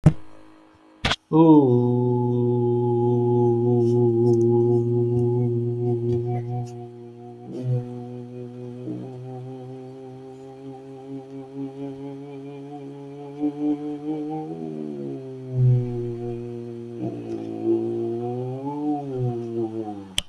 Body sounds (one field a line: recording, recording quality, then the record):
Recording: sustained vowel as in boot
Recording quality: excellent, no background noise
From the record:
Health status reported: healthy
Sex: male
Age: 39 years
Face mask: not worn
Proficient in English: yes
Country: India